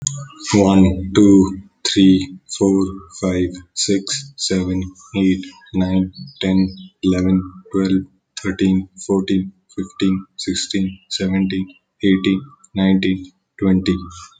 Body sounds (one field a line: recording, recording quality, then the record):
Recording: counting at a normal pace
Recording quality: excellent, no background noise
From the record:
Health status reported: healthy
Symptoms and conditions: none ticked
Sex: male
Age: 27 years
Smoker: yes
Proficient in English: yes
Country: India